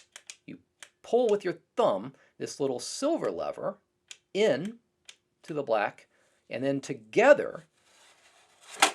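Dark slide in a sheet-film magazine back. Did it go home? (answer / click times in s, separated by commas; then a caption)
yes / 8.8 s. Someone talks while pinching the little silver lever and pulling the dark slide of a Grafmatic 45 sheet-film magazine back out all the way to advance to the next frame. A few faint ticks sound early on, and the slide snaps into place at 8.8 s.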